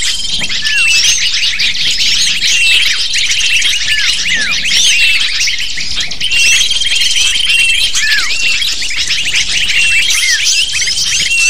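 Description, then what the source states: Lovebirds calling together in a continuous shrill chatter, quick chirps and dropping squeaks, thin sustained whistles recurring at intervals. Calls used as a lure (pikat) to attract lovebirds.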